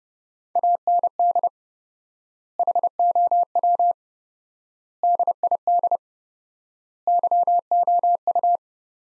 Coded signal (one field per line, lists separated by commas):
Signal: Morse code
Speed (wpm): 30 wpm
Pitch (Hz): 700 Hz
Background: none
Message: AND HOW DID YOU